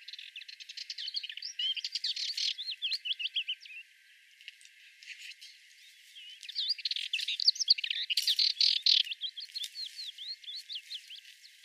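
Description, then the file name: Sardinian warbler song, a long run of hurried scratchy chatter mixed with short whistled slurs, pausing briefly before another lively burst. "Fauvette melanocephale"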